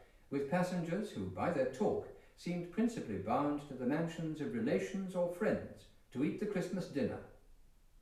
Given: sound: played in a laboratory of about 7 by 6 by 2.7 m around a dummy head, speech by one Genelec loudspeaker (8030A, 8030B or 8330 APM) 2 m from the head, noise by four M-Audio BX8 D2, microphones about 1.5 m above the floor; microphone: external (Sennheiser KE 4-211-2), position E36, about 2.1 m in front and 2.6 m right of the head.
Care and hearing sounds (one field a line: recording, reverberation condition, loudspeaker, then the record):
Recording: male speech in English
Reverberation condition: medium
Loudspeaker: 150 degrees to the left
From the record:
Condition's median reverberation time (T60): about 510 ms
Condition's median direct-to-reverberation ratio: about -0.5 dB